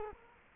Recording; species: mosquito wingbeat signal from an infrared sensor; Culex quinquefasciatus